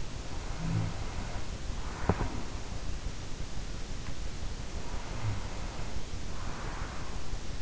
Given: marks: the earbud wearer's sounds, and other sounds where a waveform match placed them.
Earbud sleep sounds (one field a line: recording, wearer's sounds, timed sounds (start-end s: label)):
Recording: sounds in sleep by an in-ear microphone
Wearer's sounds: snoring breath, breath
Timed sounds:
0.06-2.69 s: snoring breath
4.54-7.62 s: breath